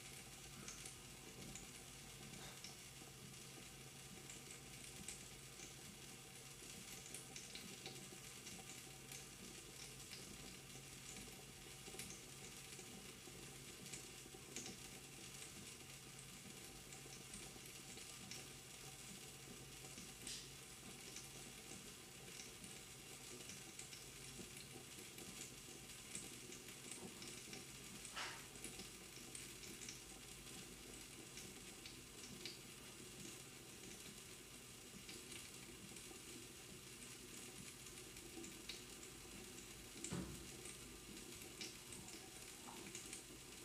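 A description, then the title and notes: Water drips onto a plastic cup over a steady, dense crackling hiss that barely changes for the whole stretch. Sharper ticks stand out now and then, most clearly near the 28 and 40 second marks, against a faint low hum. Water Dripping on Plastic Cup.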